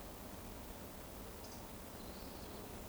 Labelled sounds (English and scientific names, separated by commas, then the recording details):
Eurasian Woodcock (Scolopax rusticola) whistle
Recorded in Baden-Württemberg, Germany, on 24 June 2020 at 19:40 UTC
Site 14569, 102 m above sea level